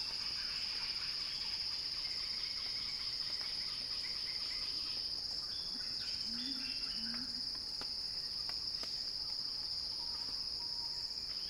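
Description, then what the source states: Cicada song: an unbroken, shrill buzz, while soft bird twitters and brief low calls come and go behind it. Recorded by Axel Drioli; described as a cicada crescendo.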